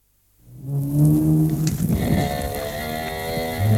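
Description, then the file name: Bull bellowing: a deep, drawn-out moo that turns rough and breathy midway, then carries on as a low, steady tone. "Stier Sound Cloud Beeld en Geluid"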